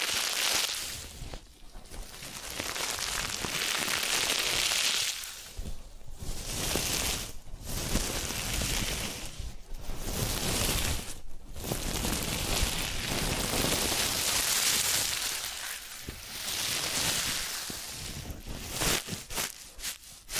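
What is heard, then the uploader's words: Dense rubbing and brushing sounds, like hands or a tool working right against the ear, fill the clip with a soft crackly hiss. The strokes come in long sweeps broken by brief pauses every few seconds, with a faint low rumble underneath. ASMR Relaxing Massage, Ear Cleaning and Spa Making You Sleep Instantly (No Talking).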